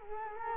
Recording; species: mosquito wingbeat signal from an infrared sensor; Culex quinquefasciatus